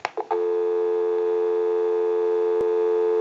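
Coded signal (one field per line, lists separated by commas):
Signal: telephone call progress tone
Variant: North America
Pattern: dial tone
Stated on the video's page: Heard on a Mickey Mouse telephone during its initial checkout and repair.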